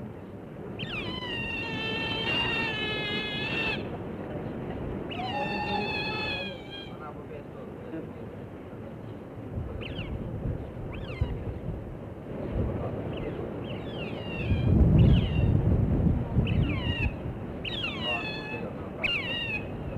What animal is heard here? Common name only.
European Otter